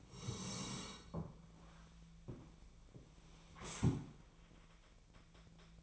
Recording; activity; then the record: daily activity, microphone in the room; sit down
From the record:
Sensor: 1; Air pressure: 1000.5 hPa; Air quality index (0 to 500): 177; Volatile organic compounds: 4 ppm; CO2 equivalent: 1638 ppm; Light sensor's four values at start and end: 12/28/12/13 and 12/28/12/13